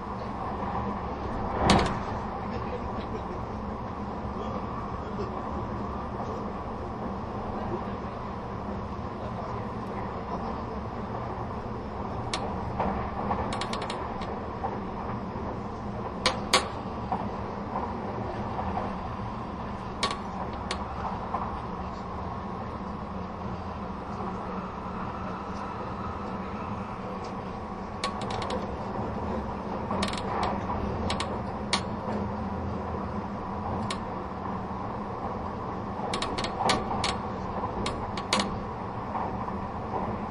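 Limited express Spacia X train running: a steady low rumble with sharp clicks and rattles every few seconds, especially near 2, 16, and 30–38 seconds.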